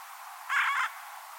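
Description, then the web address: Bird uttering one drawn-out, coarse, grating call of under half a second, alone over soft background noise. "Deverinetal 2025 File origin Bird Only"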